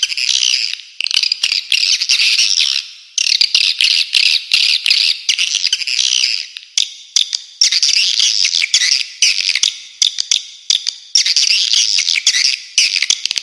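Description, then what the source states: Swiftlet chirping calls, long stretches of dense high-pitched twittering, interrupted by brief pauses and sharp clicks. Clean, clear calls.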